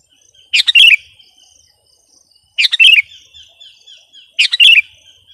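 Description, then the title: Sooty-headed bulbul phrase: a sharp chip followed by a short bubbling twitter, repeated three times roughly every two seconds. "kutilang"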